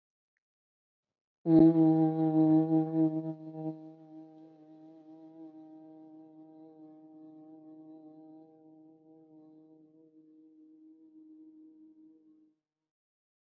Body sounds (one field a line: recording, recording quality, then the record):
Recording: sustained vowel as in boot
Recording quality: excellent, no background noise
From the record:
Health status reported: COVID-19 positive, mild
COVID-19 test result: positive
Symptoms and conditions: cold, hypertension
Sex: female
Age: 39 years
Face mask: worn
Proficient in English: yes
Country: India